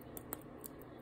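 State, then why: Seated. The winding crown and stem of a vintage 1907 Illinois cushion-cased wristwatch with a Gothic dial, pinched out from behind, are pushed back into the metal case. They click home with a sharp, bright click at 0.3 s, with fainter ticks around 0.2, 0.7 and 0.8 s. The crown is seated.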